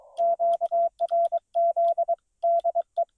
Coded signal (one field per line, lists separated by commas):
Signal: Morse code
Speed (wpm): 24 wpm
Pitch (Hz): 680 Hz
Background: none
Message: QRZ DE